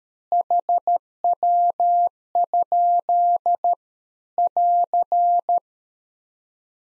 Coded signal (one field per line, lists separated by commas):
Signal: Morse code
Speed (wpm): 13 wpm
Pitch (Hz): 700 Hz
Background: none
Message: HW? <AR>